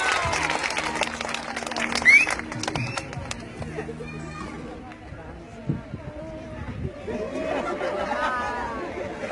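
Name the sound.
audience applause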